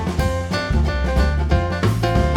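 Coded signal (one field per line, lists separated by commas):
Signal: none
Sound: music beats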